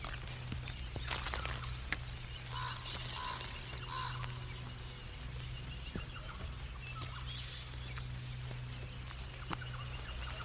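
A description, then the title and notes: Birds call in a forest setting over a steady, low droning hum that runs the whole time. A cluster of bright chirps and warbles comes in the middle, while a few sharp ticks and snaps pop up now and then, dry. Mystic forest asmr ambience. Birds/insects.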